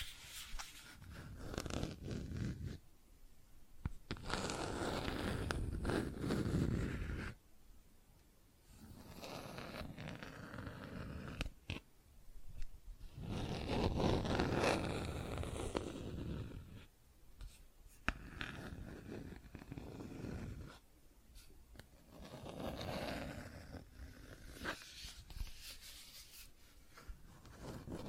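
Plastic objects are scratched and tapped close up in a small room, in bursts of dense rasping friction lasting a few seconds each, around 4–7, 13–16 and 22–26 seconds. Between bursts come quieter scrapes, sharp isolated taps and brief near-silent pauses.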